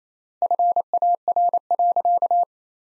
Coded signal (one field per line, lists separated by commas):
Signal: Morse code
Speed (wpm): 28 wpm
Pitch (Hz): 700 Hz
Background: none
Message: FAR.